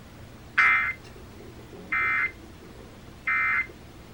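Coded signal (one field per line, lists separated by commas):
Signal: Emergency Alert System (SAME) tones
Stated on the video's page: Required monthly test received on weather and FM radios with heavy static, possibly from wind or radios interfering with each other.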